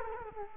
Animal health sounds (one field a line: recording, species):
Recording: mosquito wingbeat signal from an infrared sensor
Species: Culex quinquefasciatus